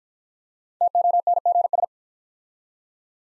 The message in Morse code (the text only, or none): TONGS